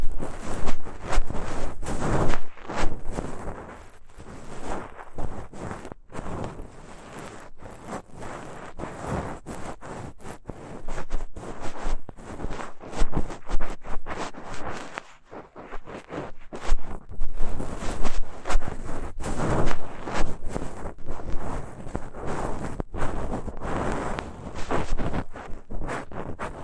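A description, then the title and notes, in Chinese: Ear cleaning with a fluffy bonten and horsehair: a dense, unbroken rustle of soft scratching and brushing that swells and fades in quick, irregular strokes. Brief cuts to near silence occur around 6, 15 and 23 seconds, with a quieter stretch near 15 seconds. ASMR×KU100。掏耳．梵天．馬尾絲。Deep Ear Cleaning。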